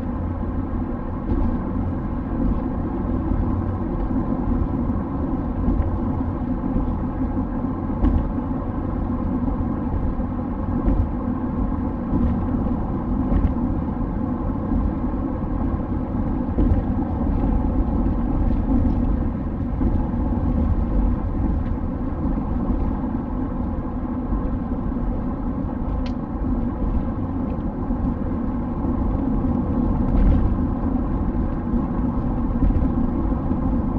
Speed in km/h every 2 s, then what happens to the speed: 93, 94, 94, 94, 94, 94, 94, 93, 93, 93, 90, 87, 83, 85, 87, 87, 86.
0-18 steady at about 94. 18-24 slows to 83. 24-34 steady at about 86.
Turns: none.